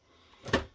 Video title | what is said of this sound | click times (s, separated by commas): How to replace the power supply in a Dell Optiplex 7010 SFF small form factor | hear the locking tab click back into place. | 0.5 s